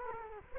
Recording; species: mosquito wingbeat signal from an infrared sensor; Culex quinquefasciatus